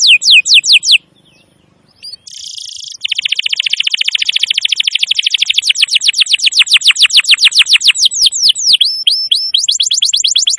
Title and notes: Pikat Kenari GACOR PANJANG INI Cocok Untuk Masteran KENARI LIAR. Masteran burung kenari gacor parah